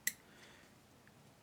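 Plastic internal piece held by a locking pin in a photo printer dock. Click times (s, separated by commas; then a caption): 0.1 s. A plastic internal piece in an EasyShare photo printer dock, held by a small locking pin, is rotated after the pin is pushed in during a teardown. It gives one sharp, bright click at 0.1 s as it unlocks and releases. A much fainter tick follows at 1.1 s over quiet background.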